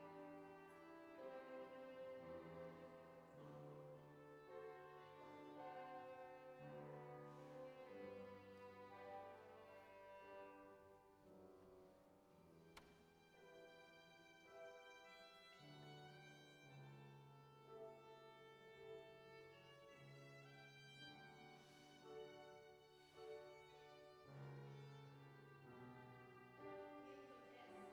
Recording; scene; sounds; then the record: everyday scene through a hearing-aid microphone; reverberant space; music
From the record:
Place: church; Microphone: behind the ear, right, rear